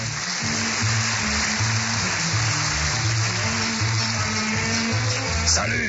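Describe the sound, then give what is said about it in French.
A crowd applauds steadily, dense clapping filling the whole stretch at an even, loud level, with a low stepping melody of bass notes playing underneath. The applause is for a circus act in France that brings together three circus stars. “Mesdames et messieurs, ce soir devant vous, et pour la première fois en France, un numéro exceptionnel qui regroupe les talents de trois stars incontestés du cirque, je vous demande d'applaudir les hommes les plus du monde.”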